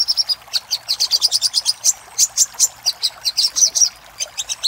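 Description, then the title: Little spiderhunter song: rapid high chips in uneven bursts, bright and penetrating, with brief pauses between phrases. Master recording used for training cage birds. "Masteran Burung Sogok Ontong Labaik"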